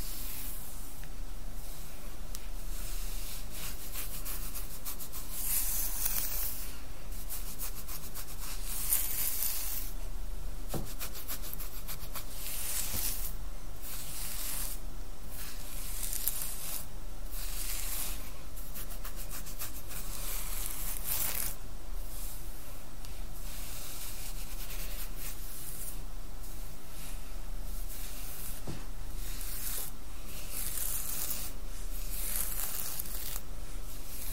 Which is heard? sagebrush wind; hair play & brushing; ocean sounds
hair play & brushing